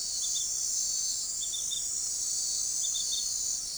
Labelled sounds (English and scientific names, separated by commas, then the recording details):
none
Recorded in forest near Pivijay, Magdalena, Colombia, on 6 June 2023 at 03:00
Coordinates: 10.467, -74.380
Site Z5-G034